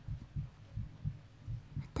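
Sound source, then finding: Heart, close up. Normal heartbeat.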